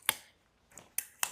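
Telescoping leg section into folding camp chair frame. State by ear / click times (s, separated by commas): seated / 0.1 s, 1.0 s, 1.2 s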